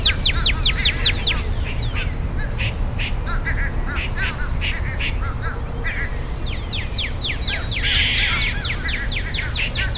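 Squirrel calling in quick runs of high, descending chirps, pausing for sparse notes, with a brief rasping buzz near the end and steady low hum.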